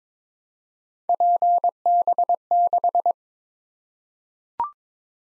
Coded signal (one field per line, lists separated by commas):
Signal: Morse code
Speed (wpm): 22 wpm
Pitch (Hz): 700 Hz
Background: none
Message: PB6